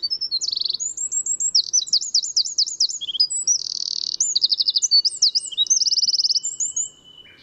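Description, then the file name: Eurasian wren song, nearly seven seconds of unbroken, high-pitched trills, rattles and sweeping notes at a fast, energetic pace, over a faint steady high tone. "Troglodytes troglodytes"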